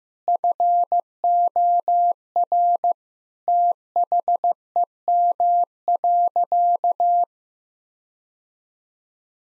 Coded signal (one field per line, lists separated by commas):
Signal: Morse code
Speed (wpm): 15 wpm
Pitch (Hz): 700 Hz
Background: none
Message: FOR THEM.